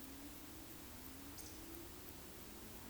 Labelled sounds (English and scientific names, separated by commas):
Eurasian Woodcock (Scolopax rusticola) whistle